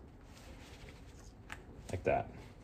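While reassembling the rear shock of a 2023–2024 KTM 300 XC TBI motorcycle, the spring and the spring retainer/centering piece are handled and pushed over the metal shock body as someone talks. Soft handling and scraping noises are heard, with brief sharp ticks and a louder burst of contact around 1.9–2.2 s. The clip ends before the part goes home, and nothing has seated or clicked yet.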